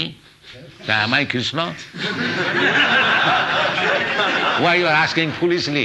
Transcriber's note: laughter